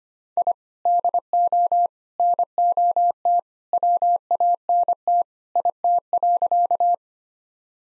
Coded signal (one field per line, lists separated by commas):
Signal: Morse code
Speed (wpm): 25 wpm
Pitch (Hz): 700 Hz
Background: none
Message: I DO NOT WANT IT.